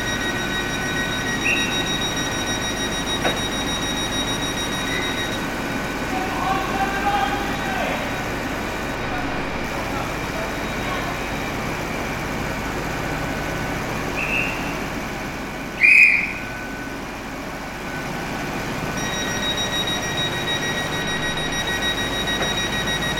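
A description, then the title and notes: Passengers move about a railway station over a steady, droning hum with a faint high whine, like an idling train. Voices murmur indistinctly in the background, and a short sharp beep rings out around sixteen seconds, with softer chirps earlier on. Exeter St David's Railway Station. Passengers arriving and departing on their railway journeys in the west country.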